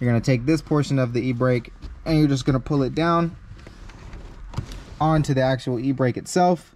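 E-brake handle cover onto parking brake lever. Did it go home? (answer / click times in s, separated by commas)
no / none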